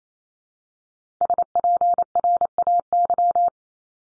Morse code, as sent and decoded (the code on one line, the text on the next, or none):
... .--. .-. .- -.--
SPRAY